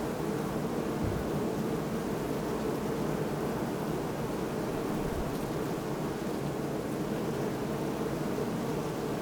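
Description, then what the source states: Bees droning steadily, a thick, constant buzz with no breaks, with a faint soft knock near the middle. Hum of hundreds of bees at bee hives in Botanischer Garten Oldenburg, recorded with a Sony PCM D50.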